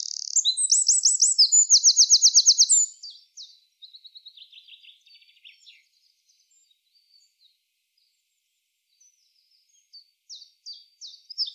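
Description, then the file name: Eurasian wren singing a loud, very high, rapid trilled phrase for about three seconds, then scattered fainter chips and short notes, ending with brief high bursts. "Troglodytes troglodytes"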